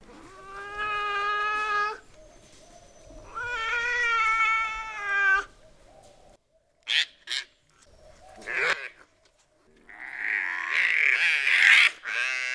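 Binturong calling with two drawn-out harmonic moans, then a few short rough bursts and a final noisy, wavering cry.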